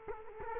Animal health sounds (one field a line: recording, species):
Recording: mosquito wingbeat signal from an infrared sensor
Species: Culex quinquefasciatus